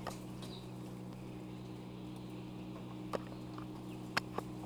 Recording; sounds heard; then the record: poultry house recording; healthy chickens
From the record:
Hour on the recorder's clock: 10